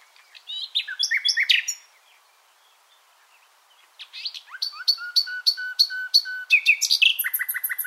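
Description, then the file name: Common nightingale song: a rich burst of varied chirps and trills, a pause, then a run of repeated whistled notes ending in a fast high rattle. "Luscinia megarhynchos"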